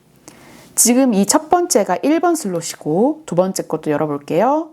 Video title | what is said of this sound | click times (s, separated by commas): 듀얼메모리카드 저장방법 설정하기 [캐논 DSLRㅣ미러리스] | 눌렀다 떼시면 딸깍 하고 튀어나옵니다. | 0.3 s